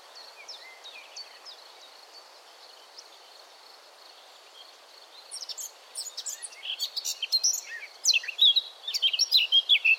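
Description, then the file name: Eurasian blackcap song: faint scattered notes at first, then from midway a lively, rapidly repeated warble of chirps and twisting notes that grows louder toward the end. "Sylvia atricapilla"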